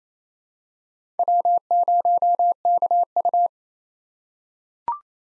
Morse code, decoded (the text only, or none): W0KU